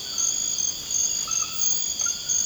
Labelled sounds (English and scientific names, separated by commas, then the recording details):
none
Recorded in dense forest near Puerto Asís, Putumayo, Colombia, on 24 March 2025 at 00:30
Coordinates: 0.481, -76.323
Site G088